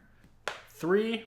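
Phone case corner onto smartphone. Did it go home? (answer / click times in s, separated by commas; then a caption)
yes / 0.5 s. The second corner of a plastic Phone Rebel Gen 6 Frosted case is pressed onto an iPhone 16 Pro Max and snaps on with a single sharp click at 0.5 s. Someone then talks. The corner is seated with a good click, and the case is a super tight fit.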